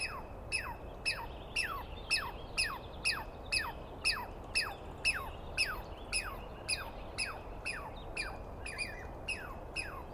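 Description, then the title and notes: Douglas squirrel calling in a steady series of sharp, downward-sliding screeches, each starting with a click, about two per second over low background rumble. Squirrel screaming at length at dawn on 21 April 2017 in the East Cascades; identified by its sound, not seen well. "Interview With The Chipmunk. On the morning of 21 April, 2017, I set up my microphones and recorder for a nice dawn recording in the East Cascades. I was started awake by a screaming Douglas Pine Squirrel"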